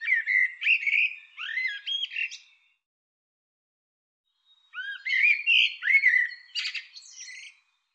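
Bird producing two long runs of varied whistled slurs, upswept notes and scratchy chatter, separated by a silent pause of about two seconds.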